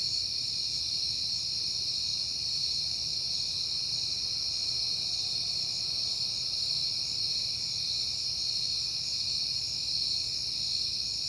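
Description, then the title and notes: Cricket: a dense, level high trill that never pauses, over faint low background noise. Recorded at night in September on a peaceful night. "Night Time: Crickets and Passing Cars. It is September and I have been hearing the crickets a lot, but finally had a peaceful night to make the recording"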